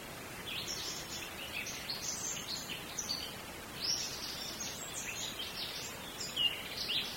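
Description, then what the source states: Bird song: bright, high chirps and twittering phrases in quick bursts, several notes overlapping throughout, over a faint steady hiss. Song in a wood.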